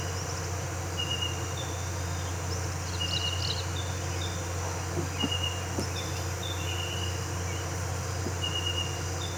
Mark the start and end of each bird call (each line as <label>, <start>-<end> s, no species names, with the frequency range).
bird call (4.7-6.7 kHz), 0.10-0.60 s
bird call (3.0-6.3 kHz), 2.48-3.68 s
bird call (3.9-5.8 kHz), 5.78-6.34 s